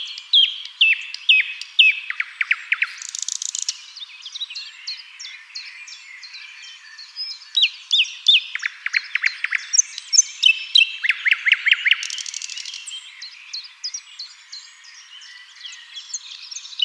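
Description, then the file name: Common nightingale singing, fast repeated chips and clicks alternating with whistled notes and buzzy trills, phrases following one another with little pause. "Luscinia megarhynchos"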